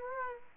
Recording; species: mosquito wingbeat signal from an infrared sensor; Aedes aegypti